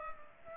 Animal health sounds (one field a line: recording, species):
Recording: mosquito wingbeat signal from an infrared sensor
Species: Culex pipiens